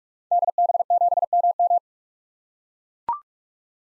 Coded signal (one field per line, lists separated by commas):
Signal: Morse code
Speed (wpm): 42 wpm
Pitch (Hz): 700 Hz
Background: none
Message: DB7MM